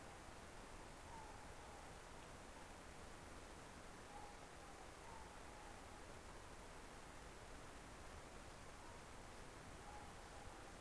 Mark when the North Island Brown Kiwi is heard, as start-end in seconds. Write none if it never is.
none